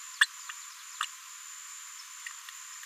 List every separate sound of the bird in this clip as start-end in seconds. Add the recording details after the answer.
0.20-0.26, 1.00-1.06. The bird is a female. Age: 36 days. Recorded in a nest box in Venezuela. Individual 17B73B4